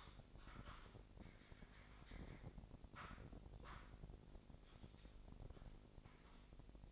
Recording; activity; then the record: daily activity, microphone in the room; typing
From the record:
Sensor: 5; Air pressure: 1007.7 hPa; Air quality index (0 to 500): 95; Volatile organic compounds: 1 ppm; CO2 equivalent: 748 ppm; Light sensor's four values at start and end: 43/100/41/44 and 43/100/41/44